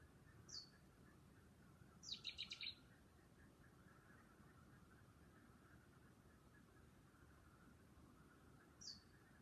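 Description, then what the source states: Bird calling: a short high falling note, then a quick string of five chirps, and another falling note several seconds later, with low steady hum behind. Calling at night.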